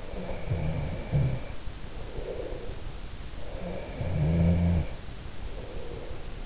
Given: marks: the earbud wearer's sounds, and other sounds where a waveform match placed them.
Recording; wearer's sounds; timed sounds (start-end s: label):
sounds in sleep by an in-ear microphone; snoring breath
0.27-3.12 s: snoring breath
3.74-6.25 s: snoring breath